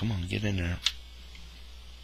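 Someone talks while a plastic LEGO part is pressed onto the spine of a Star Wars LEGO Executor Class Star Destroyer 10221 model. A single brief, sharp tap comes at about 0.9 s, followed by quiet handling noise. Nothing has seated or clicked into place yet.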